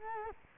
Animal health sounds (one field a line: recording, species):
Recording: mosquito wingbeat signal from an infrared sensor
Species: Culex quinquefasciatus